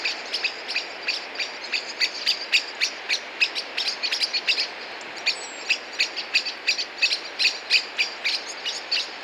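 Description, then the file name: Common blackbird giving hard, ticking chip notes in a rapid, irregular stream of several per second throughout, with a faint hiss in the background. "Turdus merula"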